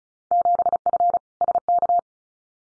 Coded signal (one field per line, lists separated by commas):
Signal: Morse code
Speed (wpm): 34 wpm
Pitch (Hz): 700 Hz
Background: none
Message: 7F SK